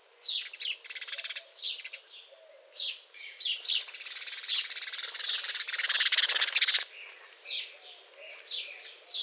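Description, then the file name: House sparrow chatter, quick downslurred chirps at an uneven pace, building into a continuous noisy twittering swell before returning to separate chirps. "Passer domesticus"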